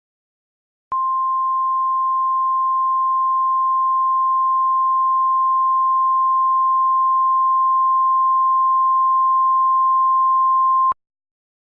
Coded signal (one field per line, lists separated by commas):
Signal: Emergency Alert System (SAME) tones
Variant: 1050 Hz attention tone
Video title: EAS Fash Flood Warning Marin,CA 2/9/17